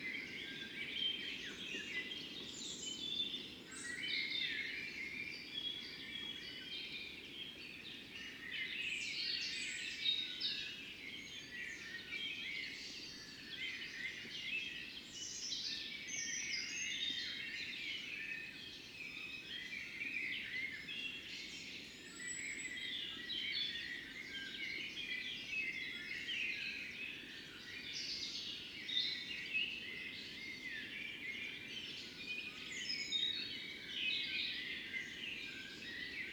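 Morning birdsong near a fox den: many birds chirp and trill at once, a dense, busy chorus of bright calls that never lets up. A steady low rumble runs underneath throughout, while individual sharper calls poke out every few seconds.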